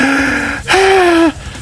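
Two loud, voiced gasping breaths: a man imitating heavy, labored breathing at the end of a treadmill stress test stopped at 4 minutes 21 seconds, breathing so hard he developed a cough.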